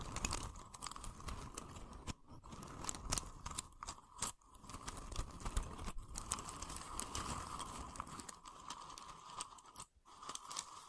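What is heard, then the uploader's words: Wooden tapping and scratching, close and continuous, with quick irregular clicks and crunchy rubbing layered over a steady hiss. Brief near-silent gaps break the texture around two, four and a half, and ten seconds before the busy scraping resumes. ASMR Calming Wood Triggers for Sleep (No Talking).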